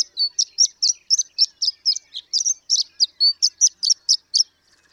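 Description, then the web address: Horned lark singing a fast series of thin, high chips and slurred notes, about four per second, ending abruptly. "birdsongforthecurious Horned Lark"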